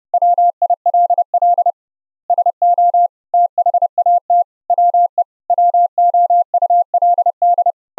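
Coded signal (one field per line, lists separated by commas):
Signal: Morse code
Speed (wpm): 31 wpm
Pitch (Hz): 700 Hz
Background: none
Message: WILL SO THAT WE WOULD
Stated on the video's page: Morse audio sent live over the internet using FFMPEG with the Opus codec, low-delay mode, 4 kHz cutoff.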